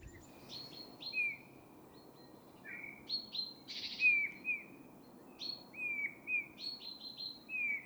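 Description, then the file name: Eurasian bullfinch calls, soft whistled notes, some falling in pitch, repeated irregularly over faint steady background noise. "Pyrrhula pyrrhula"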